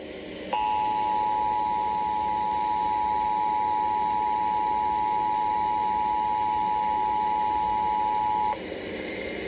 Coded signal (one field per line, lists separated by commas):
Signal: Emergency Alert System (SAME) tones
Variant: 853 and 960 Hz attention tone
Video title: Emergency Alert System Required Monthly Test 2/19/2014